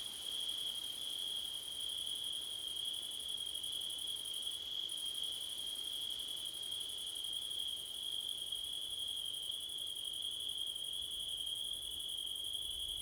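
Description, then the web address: Crickets trilling without pause, a bright steady tone beneath a fast pulsed shimmer that drops out once briefly. Windy September night. "audio crickets wind september night blumlein"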